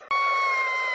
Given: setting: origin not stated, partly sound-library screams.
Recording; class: one-second piece from a danger detection set; woman in danger